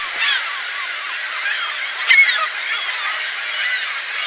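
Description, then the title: Gulls calling as a dense, overlapping flock, with one sharper, louder squawk standing out about two seconds in over the steady chatter. "Seagulls"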